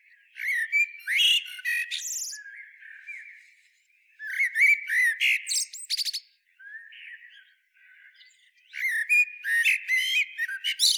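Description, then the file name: Eurasian blackbird calling in three dense bursts of rapid, scratchy clicks and thin whistles, with a brief softer warble between them. "Turdus merula"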